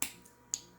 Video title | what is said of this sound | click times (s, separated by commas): Molle ii suspension system: problematic quick release buckles (fixing per Thatpackguy video) | and it unclips and it has this inside clip | 0.0 s, 0.5 s